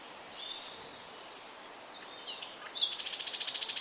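Common nightingale song: faint thin whistled notes at first, then a loud, fast, even series of high repeated notes running to the end.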